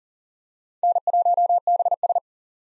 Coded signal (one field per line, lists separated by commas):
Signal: Morse code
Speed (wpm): 40 wpm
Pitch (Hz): 700 Hz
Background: none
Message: N1BS